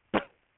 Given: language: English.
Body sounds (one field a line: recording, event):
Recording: throat vibration sensor signal played as sound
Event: cough